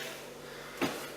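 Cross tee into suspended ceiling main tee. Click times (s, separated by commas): 0.8 s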